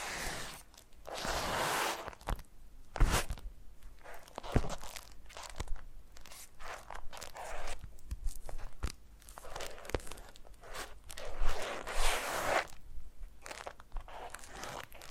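Foam being massaged gives soft, crunchy rustling swells that come and go, broken by sharp clicks around three, four and a half, and twelve seconds.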